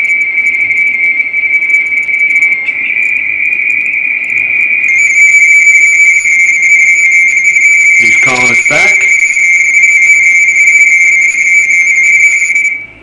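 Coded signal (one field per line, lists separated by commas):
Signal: RTTY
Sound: continuous fast warbling two-tone chatter around 2 kHz, with a short noisy interruption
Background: brief voice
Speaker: him he's calling us back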